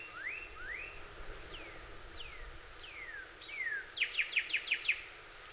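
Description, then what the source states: Cardinal song: clear slurred whistles, first two rising, then four falling, ending in a fast burst of sharp, repeated chip-like notes. More than one cardinal, recorded on 26 April 2019.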